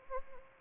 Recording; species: mosquito wingbeat signal from an infrared sensor; Anopheles arabiensis